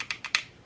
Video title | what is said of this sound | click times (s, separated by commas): Katsu mini angle grinder review a really useful tool that I've modified for car bodywork. | There, it's locked now. | 0.4 s